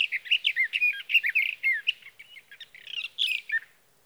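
Sage thrasher pouring out rapid, scratchy warbles, softer and more broken in the middle, then louder again before ending.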